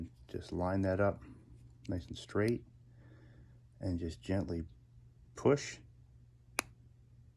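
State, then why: Seated. A Di2 electrical cable plug is lined up straight and gently pushed into a component port on a Trek Domane SL7, using the other end of the plug tool as a holder, while someone talks. A single sharp snap is heard at 6.6 s as the connector seats home.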